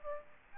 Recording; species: mosquito wingbeat signal from an infrared sensor; Aedes aegypti